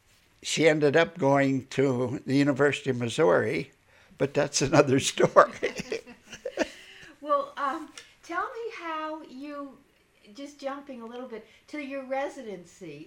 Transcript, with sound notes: She ended up going to the University of Missouri, but that's another story. ( they laugh )
Well, tell me how you, just jumping a little bit to your residency.